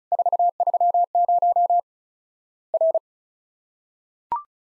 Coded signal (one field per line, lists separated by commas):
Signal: Morse code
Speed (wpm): 36 wpm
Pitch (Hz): 700 Hz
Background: none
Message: 430 R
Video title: Worked All Europe DX Contest QTC Exchange 35wpm